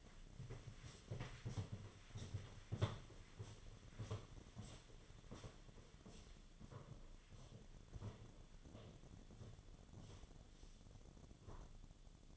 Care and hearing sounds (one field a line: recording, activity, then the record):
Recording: daily activity, microphone in the room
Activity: walk to room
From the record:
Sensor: 4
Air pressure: 1011.0 hPa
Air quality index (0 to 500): 161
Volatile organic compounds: 4 ppm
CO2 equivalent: 1640 ppm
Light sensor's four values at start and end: 42/120/48/50 and 43/123/49/51